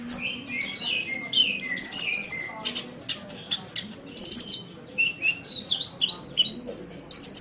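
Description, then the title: Oriental magpie-robin song of loud bright whistles and harsh chattering notes, delivered in rapid irregular phrases over soft low hum. "Kicau Kacer"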